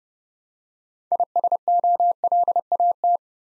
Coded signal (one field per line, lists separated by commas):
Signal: Morse code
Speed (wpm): 29 wpm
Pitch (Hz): 700 Hz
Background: none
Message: ISOLAT